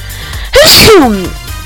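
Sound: sneeze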